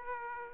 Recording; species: mosquito wingbeat signal from an infrared sensor; Aedes aegypti